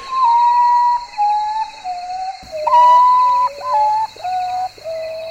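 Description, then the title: Common potoo: sad whistled notes falling step by step in a descending series, then a second falling series starts. "vogel-der-woche Common Potoo"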